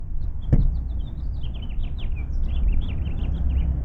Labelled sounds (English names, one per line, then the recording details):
House Finch song
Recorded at Neponsit on Long Island, New York, on 4 June 1975
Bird E